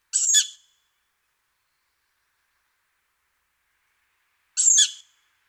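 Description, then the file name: Tawny owl giving harsh, hissing calls, two short wheezy bursts about four seconds apart with silence between. "hulotte"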